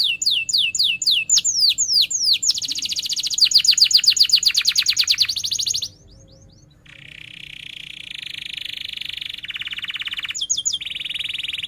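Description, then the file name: Canary delivers sharp descending whistles, then a rapid rattling trill, a brief pause, and a lower buzzy rolling phrase with a few crisp high notes. Canary singing persistently (gacor) with 'cuit cuit' chirps and sharp rolling trills ('ngerol tajam'). "Suara Kenari Gacor Cuit Cuit Ngerol Tajam"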